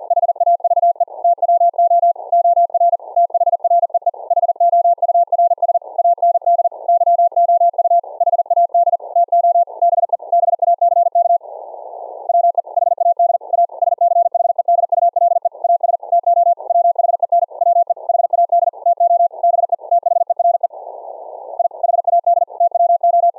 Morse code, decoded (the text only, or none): HAVE TWO OR THREE HOURS AND YOU HAD TO BE BACK WE HAD A SCHEDULE AS TO WHEN WE HAD TO BE THERE I HAD TWO